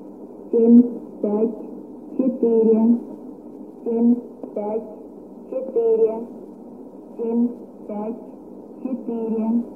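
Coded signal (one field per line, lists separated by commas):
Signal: numbers station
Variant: S06s Russian Lady, Russian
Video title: 09 01 2018 Numbers station S06s Russian Lady in Russian to Eu 1110 on 5975 unknown tx site in CUSB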